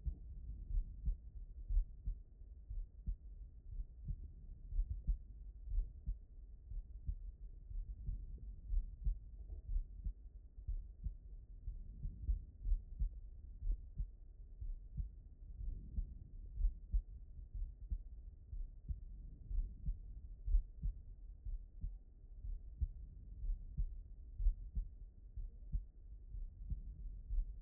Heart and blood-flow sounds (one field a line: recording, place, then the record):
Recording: heart sounds by stethoscope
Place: aortic valve (AV)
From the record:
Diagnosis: non-HFrEF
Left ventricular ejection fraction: 71%